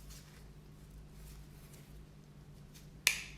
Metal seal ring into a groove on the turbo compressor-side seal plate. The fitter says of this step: but you heard the click but this it's still not fully seated on one side